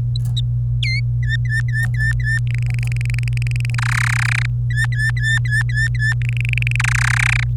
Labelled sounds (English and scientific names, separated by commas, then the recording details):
Domestic Canary (Serinus canaria) song
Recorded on 26 April 2018 at 09:51
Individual llb3